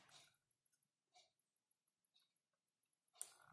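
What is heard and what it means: A microSD memory card is handled at the card slot of a small CCTV camera. Soft scraping and small ticks are heard, with a louder rustle near the end. The card has not seated or clicked into the slot yet.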